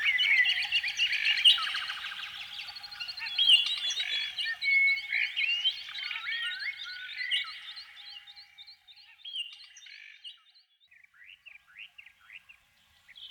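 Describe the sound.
Canary pouring out loud warbled song and trills that gradually thin into a sparse series of soft notes at the end.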